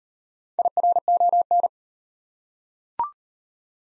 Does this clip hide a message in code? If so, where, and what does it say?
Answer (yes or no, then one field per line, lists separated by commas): yes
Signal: Morse code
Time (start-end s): 0.6-1.7 s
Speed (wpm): 37 wpm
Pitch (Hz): 700 Hz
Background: none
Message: IRON